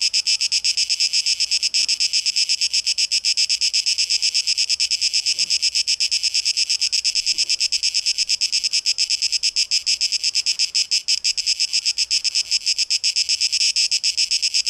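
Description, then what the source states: Cicadas, a bright sizzling drone beating in rapid pulses throughout, with a few faint knocks or taps in the background. Recorded 12 August 2023.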